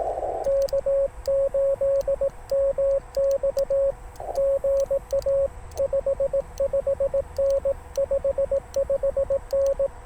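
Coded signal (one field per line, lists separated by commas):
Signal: Morse code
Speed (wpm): 18 wpm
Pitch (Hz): 550 Hz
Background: radio noise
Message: K8MX GA 55N55N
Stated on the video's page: CW park activation with heavy noise, possibly from speaker or charge controller, and poor band conditions.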